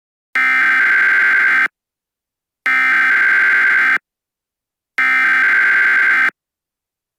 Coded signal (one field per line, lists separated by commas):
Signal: Emergency Alert System (SAME) tones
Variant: header bursts